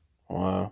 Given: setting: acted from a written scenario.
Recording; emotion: vocal sound without words; negative surprise